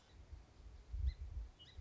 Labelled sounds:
Song Sparrow
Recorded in Sonoma County, California

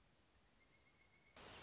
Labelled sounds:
Pileated Woodpecker
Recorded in Sonoma County, California

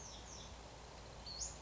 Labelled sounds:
Western Flycatcher
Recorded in Sonoma County, California

